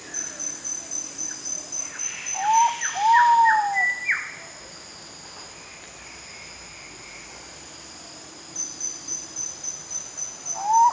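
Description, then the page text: Giant pitta whistling a couple of arched notes among brief sharp notes, with pulsing insect chirps at the start and end. "Marc Anderson - Питта-великан (Pitta maxima)"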